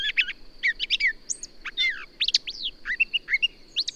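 Bird song of bright whistled sweeps and chirps, rising and falling notes in quick succession, over a steady high tone.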